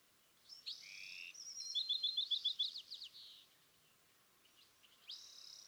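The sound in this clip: California thrasher song with high, varied phrases: a few scratchy notes, then a quick series of bright repeated notes, then a short pause and another phrase, over a quiet hiss.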